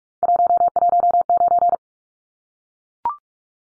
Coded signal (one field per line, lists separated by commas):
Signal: Morse code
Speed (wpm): 44 wpm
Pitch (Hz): 700 Hz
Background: none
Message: 119